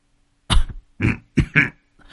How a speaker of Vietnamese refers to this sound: Lão Bằng ngồi co ro, ho lên khổ khổ.